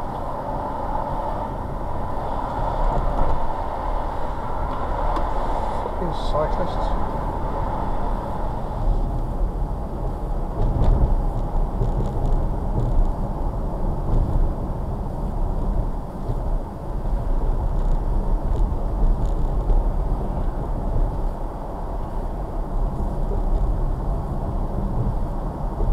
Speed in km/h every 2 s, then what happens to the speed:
31, 35, 42, 47, 48, 53, 55, 56, 58, 58, 60, 60, 60.
0-10 speeds up to 53. 10-26 steady at about 58.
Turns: none.